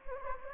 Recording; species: mosquito wingbeat signal from an infrared sensor; Anopheles gambiae